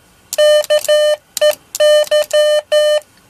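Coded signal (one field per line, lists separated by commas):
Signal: Morse code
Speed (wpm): 12 wpm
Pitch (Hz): 600 Hz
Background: none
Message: KEY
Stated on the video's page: Sent with a fully-automatic rotary bug whose single oscillating pendulum makes both dots and dashes.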